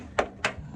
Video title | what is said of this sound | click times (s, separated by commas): RoughCountry Tonneau Cover Install 21 Chevy Silverado 1500 #mainebornredneck #roughcountry #install | Uh, you line the fitting up and it clicks right in like that. | 0.2 s, 0.4 s